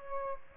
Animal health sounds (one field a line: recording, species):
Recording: mosquito wingbeat signal from an infrared sensor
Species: Aedes aegypti